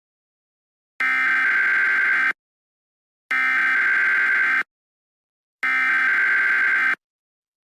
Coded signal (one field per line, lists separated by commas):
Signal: Emergency Alert System (SAME) tones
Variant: header bursts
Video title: EAS Scenario #4 - Hyper Flash Flood